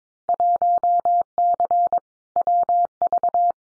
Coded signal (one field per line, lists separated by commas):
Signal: Morse code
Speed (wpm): 22 wpm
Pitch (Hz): 700 Hz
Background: none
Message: 1C WV